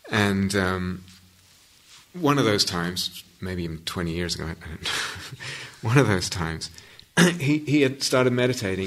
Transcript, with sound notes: One of those times, maybe twenty years ago, I don't know, [laughs] one of those times, he had started meditating.